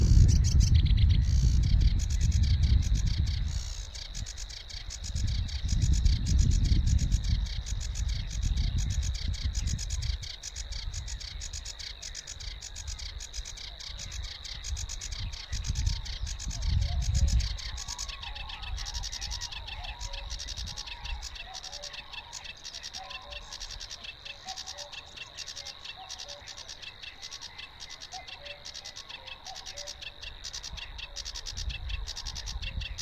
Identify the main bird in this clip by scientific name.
Acrocephalus schoenobaenus